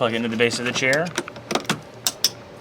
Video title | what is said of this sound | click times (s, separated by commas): Osaki OS-7200H Massage Chair Assembly Instructions | make sure you hear it click | 2.2 s